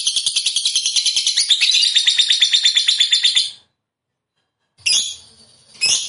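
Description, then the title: Lovebird song, a rapid high chattering trill that stops after three and a half seconds, then two short sharp chirps after a pause. Fighter-type lovebird described as gacor, meaning in full, frequent song. "Berkat SUARA Lovebird FIGHTER GACOR Ini"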